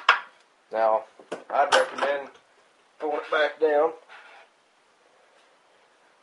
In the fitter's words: lighten up till it clicks